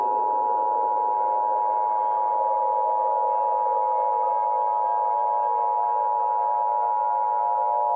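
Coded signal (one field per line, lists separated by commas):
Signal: Emergency Alert System (SAME) tones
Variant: 853 and 960 Hz attention tone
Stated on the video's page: Fictional EAS scenario remake about a blizzard; simulated alert.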